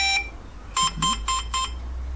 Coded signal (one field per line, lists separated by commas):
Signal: none